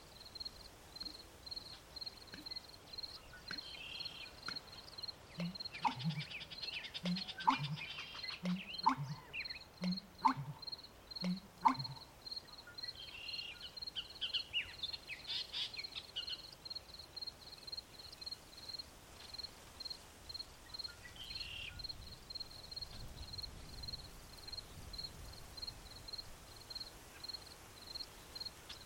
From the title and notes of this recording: American Bittern at Evening At Columbia National Wildlife Refuge. To put it simply, Bitterns sound like great, giant drops of water followed by a loud swallowing-gulp.